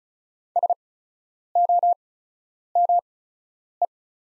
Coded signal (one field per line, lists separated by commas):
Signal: Morse code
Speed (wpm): 34 wpm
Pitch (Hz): 700 Hz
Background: none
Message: SOME